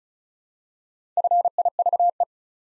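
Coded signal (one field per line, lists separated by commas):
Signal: Morse code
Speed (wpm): 36 wpm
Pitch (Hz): 700 Hz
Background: none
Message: FIVE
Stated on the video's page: Morse code practice at 35 wpm: 4-letter words built up one letter at a time, for instant character recognition training.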